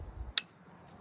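The elbow quick-connect fitting of a coolant overflow hose is pushed onto the coolant expansion tank of a Mercedes-Benz E55 AMG W211. After a low rumble, a single sharp, loud click sounds at 0.4 s, and the fitting is seated. A quiet background follows.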